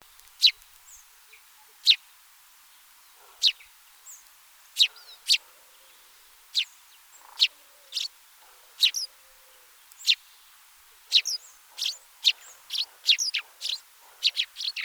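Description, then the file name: House sparrow calls, single sharp chirps spaced a second or two apart, then speeding into a busier cluster of chirps toward the end. "Passer domesticus"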